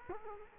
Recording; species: mosquito wingbeat signal from an infrared sensor; Culex quinquefasciatus